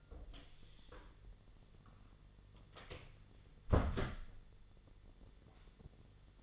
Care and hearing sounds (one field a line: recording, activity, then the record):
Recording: daily activity, microphone in the room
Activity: close door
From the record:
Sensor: 4